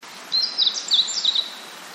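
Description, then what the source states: Meadow bunting song: a quick, bright phrase of varied high chirps and short twittering notes lasting about one second over a steady soft hiss. Recorded in 2008.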